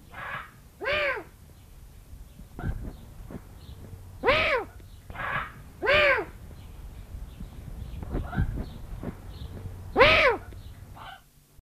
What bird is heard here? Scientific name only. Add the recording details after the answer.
Bubo africanus. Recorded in captivity. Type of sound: call. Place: Vogelpark Bad Schwartau, Schleswig-Holstein, DE. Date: 1982-06-18. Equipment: Halbspur, 9,5 cm/s. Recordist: Lütgens, Hans. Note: Droht gegenüber Ziege